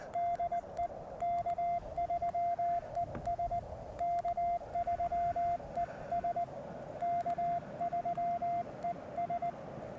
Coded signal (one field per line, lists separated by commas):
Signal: Morse code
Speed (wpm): 20 wpm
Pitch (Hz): 690 Hz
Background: radio noise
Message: DE K3ES K3ES K3ES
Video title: QRP and Friends: A Two-Fer POTA Activation with Brian (K3ES)!